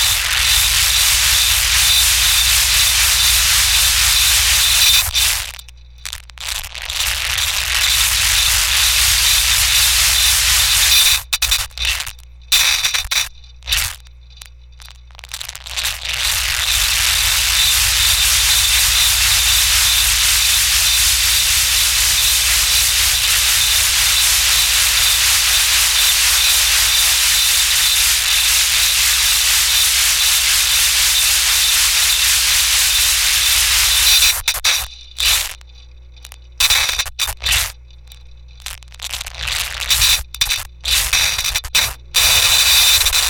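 A dense, steady hiss of speaker noise fills the mids and highs, broken by abrupt stuttering cutouts around six, eleven to sixteen, and thirty-five seconds onward.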